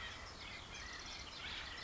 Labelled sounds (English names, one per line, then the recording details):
California Quail
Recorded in Sonoma County, California